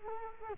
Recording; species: mosquito wingbeat signal from an infrared sensor; Culex quinquefasciatus